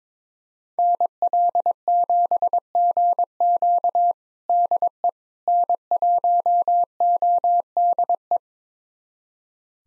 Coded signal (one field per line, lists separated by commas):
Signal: Morse code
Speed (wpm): 22 wpm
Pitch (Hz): 700 Hz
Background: none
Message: NL7GQ DE N1ODE